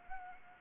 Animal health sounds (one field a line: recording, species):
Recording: mosquito wingbeat signal from an infrared sensor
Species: Anopheles gambiae